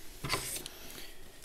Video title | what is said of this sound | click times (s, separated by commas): What hardware do I need to set up an ETH validator node? | it's in there carefully slide down until it clicks | 0.7 s